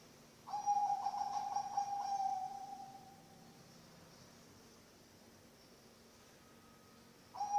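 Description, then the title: Zebra dove song: one purring, tremulous phrase of about two seconds, a long quiet pause, then the next phrase just beginning. Bangkok-type zebra dove (perkutut) song, played for training other birds (masteran) and for luring (pancingan). "mster Mnuk. SUARA OCEHAN BURUNG PERKUTUT BANGKOK Untuk MASTERAN dan PANCINGAN"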